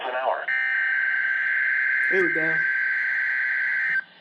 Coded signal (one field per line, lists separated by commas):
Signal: Emergency Alert System (SAME) tones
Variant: header bursts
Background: speech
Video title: Eas #5 Evening Required Weekly Test 12/4/19 Read Desc